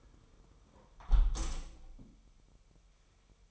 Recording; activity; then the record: daily activity, microphone in the room; close window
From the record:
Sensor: 1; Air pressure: 999.8 hPa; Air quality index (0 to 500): 234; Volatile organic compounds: 99 ppm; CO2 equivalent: 3751 ppm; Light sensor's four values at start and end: 11/26/10/11 and 10/25/10/11